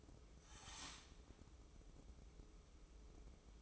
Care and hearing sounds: daily activity, microphone in the room; start toaster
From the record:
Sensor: 1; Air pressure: 995.3 hPa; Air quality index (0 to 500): 25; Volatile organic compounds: 0 ppm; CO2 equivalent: 500 ppm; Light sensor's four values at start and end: 18/58/21/23 and 18/58/21/23

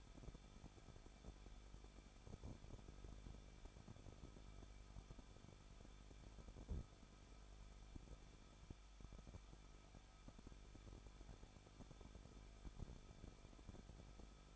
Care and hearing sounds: daily activity, microphone in the room; no activity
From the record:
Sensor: 5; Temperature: 20.8 degrees Celsius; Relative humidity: 38.4%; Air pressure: 1006.5 hPa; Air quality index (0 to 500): 191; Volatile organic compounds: 20 ppm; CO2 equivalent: 2701 ppm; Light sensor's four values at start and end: 2/3/1/1 and 2/3/1/1

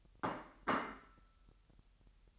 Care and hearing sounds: daily activity, microphone in the room; place plate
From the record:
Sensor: 3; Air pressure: 1002.0 hPa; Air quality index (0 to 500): 247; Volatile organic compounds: 51 ppm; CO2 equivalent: 3308 ppm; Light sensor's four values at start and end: 12/36/16/13 and 12/36/16/13

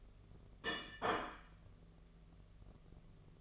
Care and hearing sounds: daily activity, microphone in the room; place plate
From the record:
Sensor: 4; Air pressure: 1015.9 hPa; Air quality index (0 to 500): 209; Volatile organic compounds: 13 ppm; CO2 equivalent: 2413 ppm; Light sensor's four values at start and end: 17/39/16/17 and 17/39/16/17

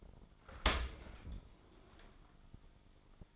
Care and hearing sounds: daily activity, microphone in the room; open dishwasher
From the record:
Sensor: 5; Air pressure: 1003.2 hPa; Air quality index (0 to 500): 133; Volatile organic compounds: 1 ppm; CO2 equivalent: 973 ppm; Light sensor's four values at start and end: 94/229/94/108 and 78/189/79/90

